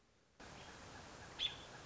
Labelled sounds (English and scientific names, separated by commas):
American Robin (Turdus migratorius)